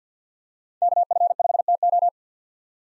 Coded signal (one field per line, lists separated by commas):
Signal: Morse code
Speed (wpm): 50 wpm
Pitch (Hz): 700 Hz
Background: none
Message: KF5TO